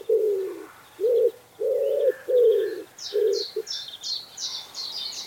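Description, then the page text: Common wood pigeon giving deep, muffled coos in a short series that stops partway, followed by thin high twittering from other birds. "Common Wood Pigeon Call #cooing. knut the bird nerd"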